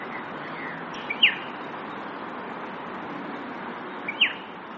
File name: Striat Pardalote chip